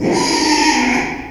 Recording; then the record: squeal of a Yucatan mini pig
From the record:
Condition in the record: after surgery on the right vocal fold (resection and tissue-engineered implant); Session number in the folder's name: 2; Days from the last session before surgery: 13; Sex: male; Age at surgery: 12 weeks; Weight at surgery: 13 kg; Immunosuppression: cyclosporine, prednisolone